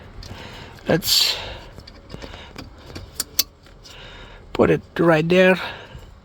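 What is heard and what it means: Someone handles the plastic electrical wiring connector of a replacement driver seat belt buckle by its mating socket under the driver seat of a W204/S204, fixing a B005013 driver seat belt buckle malfunction. Soft rustling and small plastic taps build to two sharp knocks at about 3.2 and 3.4 seconds, and someone talks at the start and end. The connector has not seated or clicked yet.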